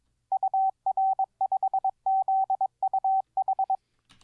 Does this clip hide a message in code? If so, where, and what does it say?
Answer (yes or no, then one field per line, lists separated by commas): yes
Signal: Morse code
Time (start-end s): 0.3-3.8 s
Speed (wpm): 22 wpm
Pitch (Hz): 770 Hz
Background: none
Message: UR5ZUH